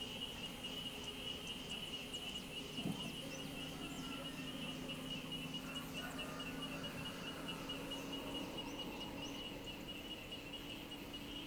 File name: Comunidade rural perto de estrada com muitas cigarras galos vozerio